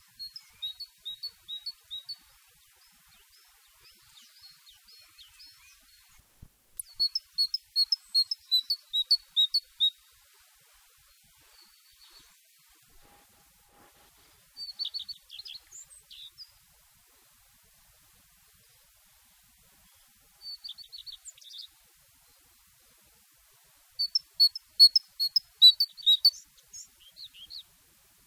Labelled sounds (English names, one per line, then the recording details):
Great Tit song
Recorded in the wild
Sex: male
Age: adult
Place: Garmisch-Partenkirchen, Bayern, DE
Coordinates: 47.4914, 11.0694
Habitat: urban area
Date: 1966-04-17
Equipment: Vollspur
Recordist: Tretzel, Erwin